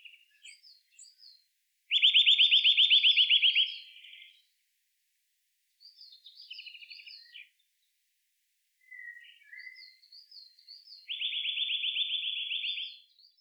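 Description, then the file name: Eurasian nuthatch calling in rapid trills of rising notes, a loud one near the start and another near the end, with fainter thin chirps and short trills between. "Sitta europaea"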